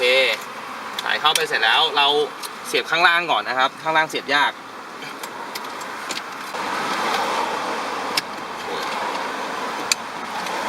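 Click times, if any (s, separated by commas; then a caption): 8.2 s, 9.9 s. On a 2003–07 Honda Jazz GD, the lower edge of the plastic radio surround panel is pressed into the dashboard while someone talks at the start. After the talking stops, the lower clips snap in with sharp clicks at 8.2 s and 9.9 s, and the panel is seated.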